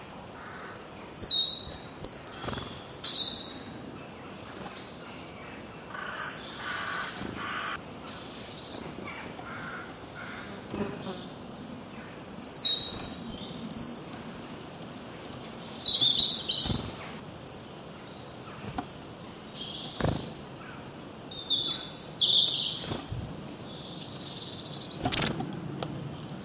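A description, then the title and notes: Birds chirp and tweet throughout, with bright, high calls coming in clusters around two, thirteen, sixteen and twenty-two seconds. Between the bursts a soft, steady low rumble fills the background, and a few sharp clicks or taps pop up now and then. Birds Chirping Sounds. Bird nature.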